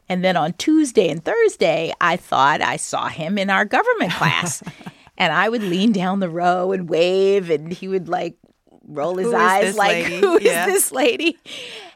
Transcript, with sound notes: And then on Tuesday and Thursday, I thought I saw him in our government class.
(Laughter).
And I would lean down the row and wave, and he would, like, roll his eyes like...
Who is this lady?